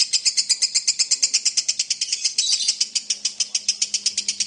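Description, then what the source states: Lovebird giving a quick, rattling chatter of piercing notes, briefly blurring together midway, with a faint low hum beneath. Long lovebird ngekek song, used as a lure song (kicau pancingan).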